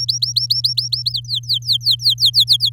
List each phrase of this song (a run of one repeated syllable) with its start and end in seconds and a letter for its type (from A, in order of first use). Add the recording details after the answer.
0.00-1.12 A, 1.12-2.70 B. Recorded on 10 May 2018 at 05:38. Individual llb16